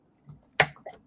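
A plastic building brick from a King 6405 UCS Hogwarts Express build is pressed down with the thumb onto the studs of a stud plate. After a faint soft knock near 0.3 s, a sharp, bright snap rings out at 0.6 s, followed by quieter small clicks and rattles around 0.8–0.9 s. The brick snaps home and is seated securely.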